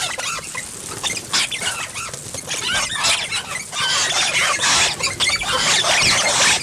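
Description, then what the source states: Rosellas giving dense, squealing chatter, harsh high notes overlapping almost continuously, with shrill bursts and scratchy squawks throughout. Rosellas feeding.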